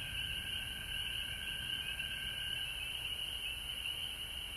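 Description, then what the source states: Frogs calling in a dense, unbroken chorus, a shrill trilling band with a lower steady tone beneath, and a constant high hiss above. Recorded at home in Georgia on March 19, 2020.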